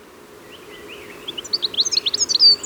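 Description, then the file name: European goldfinch: a few soft, lower slurred notes, then a fast, rising flurry of sharp, high tinkling twitters. "Carduelis carduelis"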